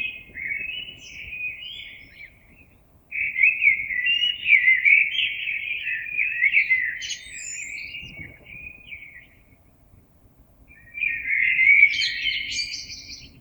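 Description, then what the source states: Blackbird song in long, flowing whistled phrases with brief squeaky flourishes, broken by a couple of quiet gaps. Recorded 26 April 2022.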